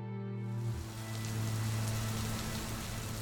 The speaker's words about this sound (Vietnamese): Những trận mưa ròng rã nhiều ngày khiến cho nước trên thượng nguồn cuồn cuộn đổ về.